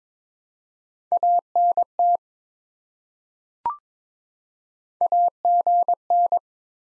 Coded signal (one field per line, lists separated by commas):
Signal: Morse code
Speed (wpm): 22 wpm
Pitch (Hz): 700 Hz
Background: none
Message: ANT AGN